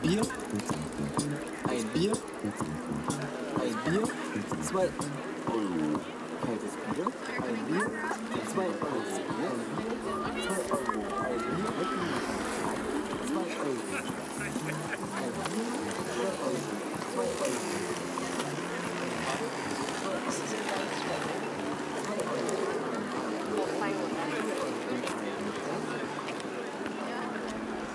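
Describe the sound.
Hundreds of people go about their activities on the Tempelhofer Freiheit in Berlin, a steady, dense wash of overlapping voices with occasional sharp clicks.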